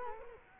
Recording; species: mosquito wingbeat signal from an infrared sensor; Culex quinquefasciatus